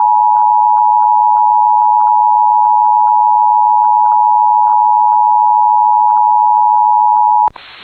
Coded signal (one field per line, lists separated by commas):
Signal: Emergency Alert System (SAME) tones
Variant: 853 and 960 Hz attention tone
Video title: [EAS] Severe Thunderstorm Watch for Bemidji and Bemidji Area (6/29/26)